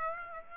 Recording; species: mosquito wingbeat signal from an infrared sensor; Aedes aegypti